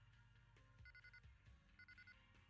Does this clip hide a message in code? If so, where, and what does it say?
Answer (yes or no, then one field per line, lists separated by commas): no